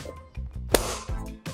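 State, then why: Seated. A plastic lid is pressed onto a freezer container insert filled with mango sorbet. A sharp snap at 0.8 s shows the lid seating into place, with softer knocks around it and background music throughout.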